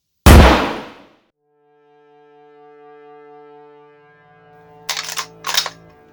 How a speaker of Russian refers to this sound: Он опять досылает патрон в ствол и делает последний выстрел в Андрея Матвеевича